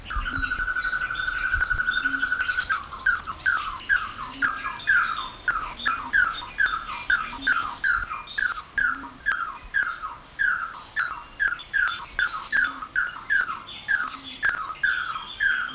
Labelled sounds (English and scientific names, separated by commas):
Pin-tailed Whydah (Vidua macroura)